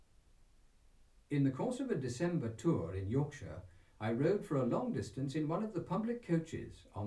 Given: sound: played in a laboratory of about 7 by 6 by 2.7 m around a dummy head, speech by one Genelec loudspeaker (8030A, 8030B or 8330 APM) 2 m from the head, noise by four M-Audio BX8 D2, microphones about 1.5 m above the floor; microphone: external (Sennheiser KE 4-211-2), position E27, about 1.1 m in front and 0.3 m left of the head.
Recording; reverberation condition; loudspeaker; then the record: male speech in English; low; 150 degrees to the right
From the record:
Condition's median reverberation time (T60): about 310 ms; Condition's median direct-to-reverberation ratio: about 3.5 dB